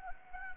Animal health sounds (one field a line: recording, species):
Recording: mosquito wingbeat signal from an infrared sensor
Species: Anopheles arabiensis